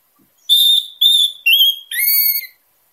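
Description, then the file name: Orange-headed thrush song: four loud, clear whistled notes in quick succession, the last lower and rising, each roughly half a second long, then silence. Singing in teler style, described as gacor and dor, actively and loudly singing. "suara anis merah teler gacor dor"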